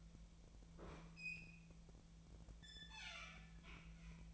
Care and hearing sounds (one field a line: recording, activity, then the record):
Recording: daily activity, microphone in the room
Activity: open fridge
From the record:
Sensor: 1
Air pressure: 1009.7 hPa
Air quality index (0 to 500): 192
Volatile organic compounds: 18 ppm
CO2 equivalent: 2637 ppm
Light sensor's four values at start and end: 31/79/33/39 and 30/76/32/38